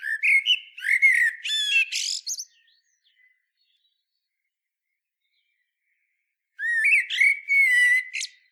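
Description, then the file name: Common blackbird song: a warbled fluty phrase breaking into high scratchy notes, then a long silence and a second similar phrase. "Turdus merula"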